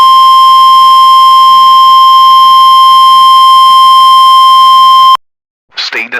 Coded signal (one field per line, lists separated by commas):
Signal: Emergency Alert System (SAME) tones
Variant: 1050 Hz attention tone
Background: speech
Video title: Emergency Alert System | The Creepy Sunsliver Of Spotlights